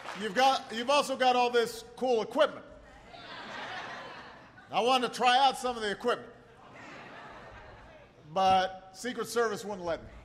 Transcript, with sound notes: ---- (applause) you’ve also got all this cool equipment. (Laughter.) I wanted to try out some of the equipment, but Secret Service wouldn’t let me.